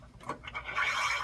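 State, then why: Not seated. A railing baluster with a male tongue is lined up with the female opening on a snap-lock railing connector and pushed sideways, producing soft scraping and rubbing sounds that build toward the end. Nothing has seated or clicked yet; the baluster is still being handled and has not snapped home.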